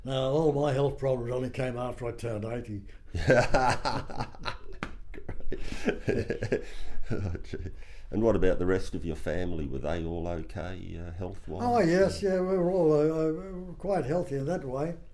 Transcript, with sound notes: all my health problems only came after I turned eighty [laughing]
And what about the rest of your family, were they all okay health-wise?
Oh yes, we were all quite healthy in that way,